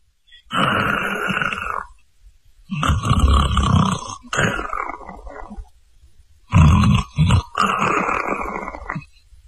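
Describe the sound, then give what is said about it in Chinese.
A voice imitates loud, rasping snores of people asleep on a city wall: several long, throaty breaths in a slow rhythm separated by short pauses, one broken into quick choppy bursts, with no talking. “张顺在湖面上露出脑袋来，仔细地往城上边听了听，这功夫隐约约就听见城上有呼吸的声音，还有的人打呼噜。”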